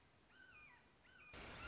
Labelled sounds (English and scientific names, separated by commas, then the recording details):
Red-shouldered Hawk (Buteo lineatus)
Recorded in Sonoma County, California